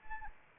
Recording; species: mosquito wingbeat signal from an infrared sensor; Anopheles arabiensis